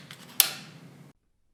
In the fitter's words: an audible click will confirm that the squeeze has been completed